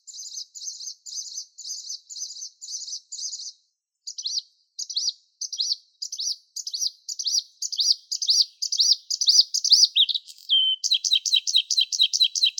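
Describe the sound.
Bluethroat song: rapid series of high repeated phrases, changing motif every few seconds, with a brief pause near four seconds.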